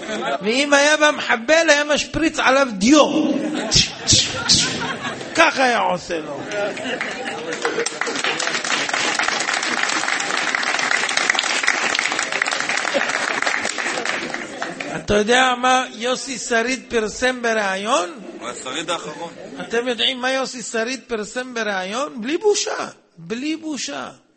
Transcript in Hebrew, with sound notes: ואם היה במחבל היה משפריץ עליו דיו ככה היה עושה [מחיאות כפיים] לו אתה יודע מה יוסי שריד פרסם ברעיון השריד האחרון אתם יודעים מה יוסי סרית פרסם ברעיון בלי בושה בלי בושה